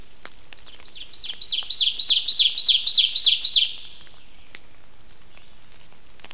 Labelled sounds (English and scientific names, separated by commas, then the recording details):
Ovenbird (Seiurus aurocapilla) song
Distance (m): 10 m
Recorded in boreal forest in Alberta, Canada, on 29 May 2016 at 06:02
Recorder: SongMeter 3, array SBT-3-49
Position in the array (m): 70 m, 253 m
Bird 14